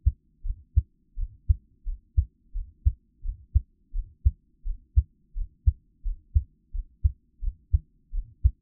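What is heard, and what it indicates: A close-miked ASMR recording of an adult's own heartbeat, offered as a Taiwanese ASMR piece with no talking: steady low-pitched lub-dub pairs at about 85 beats per minute.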